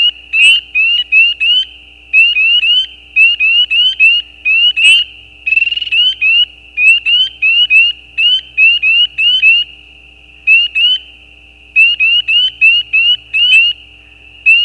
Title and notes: Peepers peeping. Peeper frogs mating calls - the calls are more individual with gaps in the recording. Recorded at the side of a gravel road at night. Recorded by Anton Pickard. Part of the Music for Sleep project